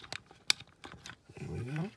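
A plastic toy freight car from a 1970 Mattel Hot Wheels Sizzlers Great Freight train set is pushed against the next car until its coupler clips into that car's hitch. A few light plastic taps lead up to one sharp click at 0.5 s, followed by softer handling clicks while someone talks. The coupler seats and the cars are joined.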